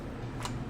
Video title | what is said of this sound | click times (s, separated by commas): PTVM Training Video Part 2 of 3 | It clicks into place, you'll hear it click. | 0.5 s